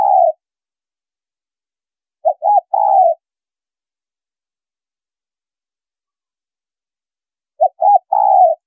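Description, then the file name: Spotted dove: the tail of one coo, then two full phrases of two short notes and a longer coo, separated by long silent pauses. Female bird. "Tieng cu gay mai"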